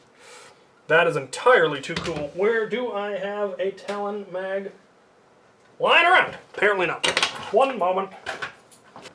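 Someone talks while handling a foam dart blaster magazine and a fan-made printed magazine holder, the magazine meant to lock in using its natural indents. A few short handling taps come near 8.4, 8.7 and 9.0 seconds. The clip ends with nothing seated or clicked yet.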